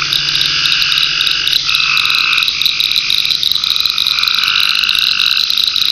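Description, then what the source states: Frogs calling with long buzzy trills against a loud, continuous insect buzz. Frogs in ponds near a pond in a forest wildlife management area, with crickets and cicadas.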